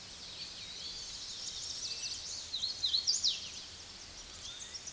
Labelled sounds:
Hooded Warbler (Setophaga citrina) song
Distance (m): 5 m
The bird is about 5 m above the microphone
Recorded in a Pennsylvania forest on 16 May 2024 at 06:21
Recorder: AudioMoth, point MSD-0438
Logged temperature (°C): 14.5 °C
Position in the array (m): 99 m, 100 m

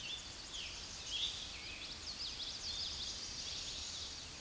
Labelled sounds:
Common Yellowthroat (Geothlypis trichas) song
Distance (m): 40 m
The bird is about 5 m above the microphone
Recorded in a Pennsylvania forest on 16 May 2024 at 06:50
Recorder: AudioMoth, point MSD-0521
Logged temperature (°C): 15.8 °C
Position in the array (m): 85 m, 83 m

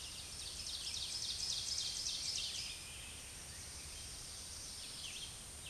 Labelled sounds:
Ovenbird (Seiurus aurocapilla) song
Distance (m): 55 m
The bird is about 5 m above the microphone
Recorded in a Pennsylvania forest on 16 May 2024 at 07:33
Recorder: AudioMoth, point MSD-2083
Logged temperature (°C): 16.7 °C
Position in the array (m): 170 m, -29 m

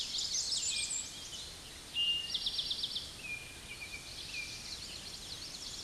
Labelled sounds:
Eastern Towhee (Pipilo erythrophthalmus) song
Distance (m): 25 m
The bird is about 5 m above the microphone
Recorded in a Pennsylvania forest on 16 May 2024 at 06:37
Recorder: AudioMoth, point MSD-2453
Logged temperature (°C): 16.3 °C
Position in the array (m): 202 m, 141 m

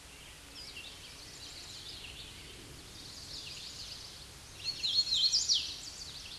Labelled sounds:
Hooded Warbler (Setophaga citrina) song
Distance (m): 15 m
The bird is about 15 m above the microphone
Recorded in a Pennsylvania forest on 16 May 2024 at 09:38
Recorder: AudioMoth, point MSD-0814
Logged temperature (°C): 15.8 °C
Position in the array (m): 165 m, 110 m

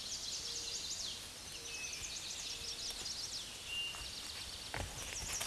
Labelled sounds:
Eastern Towhee (Pipilo erythrophthalmus) song
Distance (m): 60 m
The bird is about level with the microphone
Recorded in a Pennsylvania forest on 16 May 2024 at 06:31
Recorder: AudioMoth, point MSD-1482
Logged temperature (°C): 15.6 °C
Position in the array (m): 232 m, 167 m

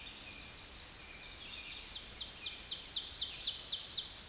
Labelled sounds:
Ovenbird (Seiurus aurocapilla) song
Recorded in a Pennsylvania forest on 16 May 2024 at 07:34
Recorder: AudioMoth, point MSD-0690
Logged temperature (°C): 16.0 °C
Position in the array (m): 212 m, 129 m

